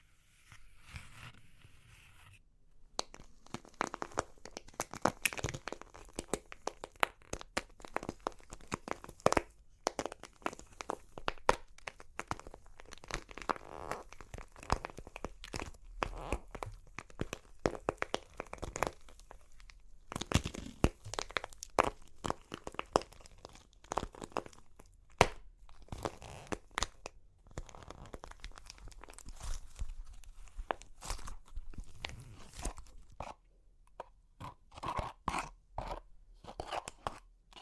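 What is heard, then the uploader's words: Crunchy clay cracking and crumbling in dense, irregular bursts of sharp crackles and snaps, after a quiet opening of about three seconds. The crunching comes in clustered runs with brief pauses, bright and gritty throughout, with occasional louder cracks standing out. Super Crunchy Clay Cracking (No Talking).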